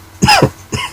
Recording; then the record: coughing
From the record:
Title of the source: Dry Coughing Fit in the Afternoon.